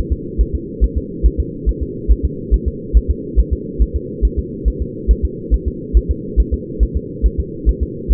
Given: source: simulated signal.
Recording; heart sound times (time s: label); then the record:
fetal heart sounds
0.12 s: S2
0.41 s: S1
0.55 s: S2
0.84 s: S1
0.98 s: S2
1.26 s: S1
1.40 s: S2
1.69 s: S1
1.83 s: S2
2.11 s: S1
2.25 s: S2
2.54 s: S1
2.68 s: S2
2.97 s: S1
3.11 s: S2
3.39 s: S1
3.53 s: S2
3.82 s: S1
3.96 s: S2
4.25 s: S1
4.39 s: S2
4.68 s: S1
4.82 s: S2
5.11 s: S1
5.25 s: S2
5.54 s: S1
5.68 s: S2
5.97 s: S1
6.11 s: S2
6.40 s: S1
6.54 s: S2
6.83 s: S1
6.97 s: S2
7.26 s: S1
7.40 s: S2
7.69 s: S1
7.83 s: S2
8.12 s: S1
From the record:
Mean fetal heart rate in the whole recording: 140 bpm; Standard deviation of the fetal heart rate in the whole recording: 2 bpm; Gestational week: 34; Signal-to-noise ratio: -4.1 dB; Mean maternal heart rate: no maternal heart sound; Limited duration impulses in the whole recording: absent